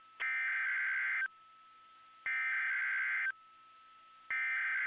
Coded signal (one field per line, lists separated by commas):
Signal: Emergency Alert System (SAME) tones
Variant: header bursts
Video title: [EAS #2297-#2305] KLLI Weekly Test & 2023 NWS Tsunami Communications Drill